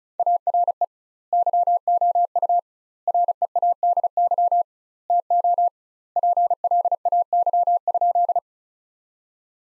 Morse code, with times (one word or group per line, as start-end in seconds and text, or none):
0.2-0.8 ARE
1.3-2.6 YOU
3.1-4.6 READY
5.1-5.7 TO
6.2-8.4 PLAY?